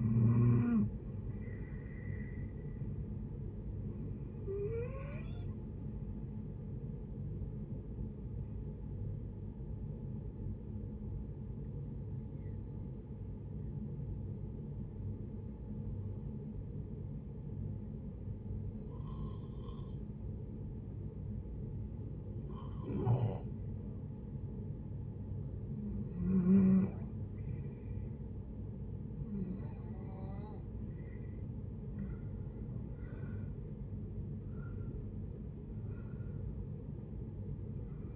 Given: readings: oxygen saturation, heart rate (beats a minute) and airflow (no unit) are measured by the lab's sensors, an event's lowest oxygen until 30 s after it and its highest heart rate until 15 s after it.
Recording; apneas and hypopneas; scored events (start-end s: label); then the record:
breathing in sleep by a smartphone at the bedside; 1
10.00-25.40 s: hypopnea (REM, oxygen 94% highest, then 81% lowest, heart rate 78 at the start, 81 highest)
From the record:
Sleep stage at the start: REM sleep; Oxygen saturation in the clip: 81 to 94%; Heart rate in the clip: 67 to 81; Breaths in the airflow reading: 9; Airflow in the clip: -10.0 to 9.6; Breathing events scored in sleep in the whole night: 496 in 5.4 hours asleep